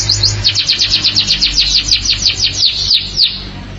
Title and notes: BM Suara Kenari. BM Suara Burung Kenari